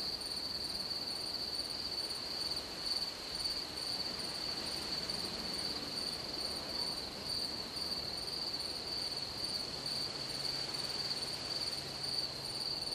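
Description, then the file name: Grasshopper singing a continuous shrill, even buzz that never pauses, with steady broad hiss underneath. "zvuki kuznechika"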